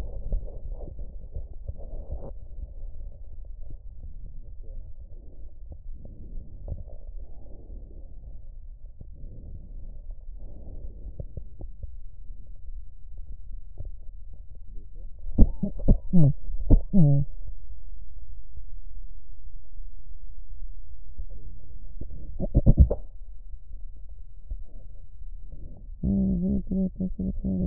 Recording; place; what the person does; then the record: lung sounds by stethoscope; right posterior apical chest; quiet breathing, then cough and speech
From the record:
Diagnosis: COPD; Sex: female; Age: 72 years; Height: 156 cm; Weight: 72 kg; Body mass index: 29.6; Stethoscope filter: extended mode